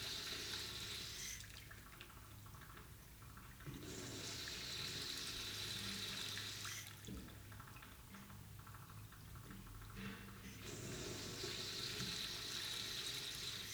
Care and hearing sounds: daily activity, guitar pickup as the sensor; flush

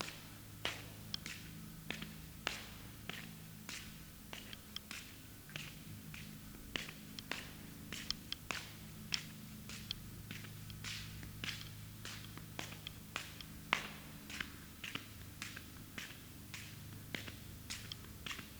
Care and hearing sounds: daily activity, guitar pickup as the sensor; walk

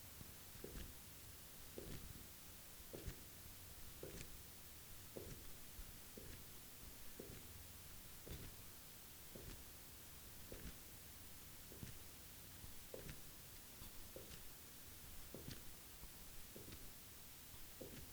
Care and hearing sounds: daily activity, guitar pickup as the sensor; jump

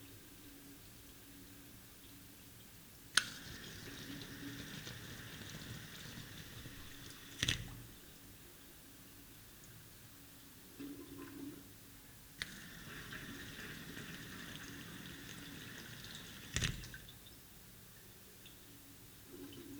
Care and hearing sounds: daily activity, guitar pickup as the sensor; flush

